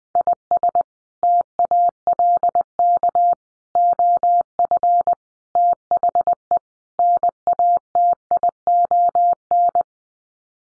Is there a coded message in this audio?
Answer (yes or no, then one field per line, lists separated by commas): yes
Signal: Morse code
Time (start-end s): 0.2-9.8 s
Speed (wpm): 20 wpm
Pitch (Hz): 700 Hz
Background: none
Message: IS TALK OF THE NATION